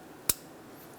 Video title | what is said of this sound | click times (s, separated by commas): How to Replace Ignition Coil Boots 2000-2006 Toyota Tundra | reinstall the connector push until you hear a click | 0.3 s